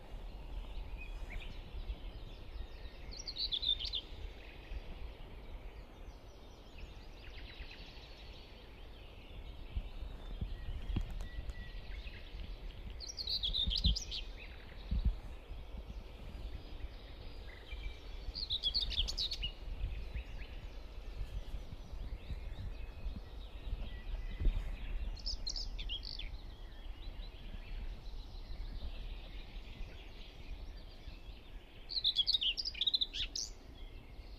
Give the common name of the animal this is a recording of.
Common Whitethroat